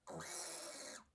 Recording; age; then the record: pig call; piglet (1 to 25 days)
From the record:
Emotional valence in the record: negative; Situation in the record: restrain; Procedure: back test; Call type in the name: high-frequency call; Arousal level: low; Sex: male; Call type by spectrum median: high-frequency call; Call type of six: high-frequency stable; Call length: 1.15 s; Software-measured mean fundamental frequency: 196 Hz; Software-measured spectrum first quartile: 1294 Hz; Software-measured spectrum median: 4875 Hz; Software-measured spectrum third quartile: 8562 Hz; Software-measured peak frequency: 585 Hz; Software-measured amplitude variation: 106 dB a second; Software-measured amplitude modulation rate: 28.2 a second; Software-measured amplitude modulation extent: 3.8 dB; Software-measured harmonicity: -0.6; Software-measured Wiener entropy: -1.61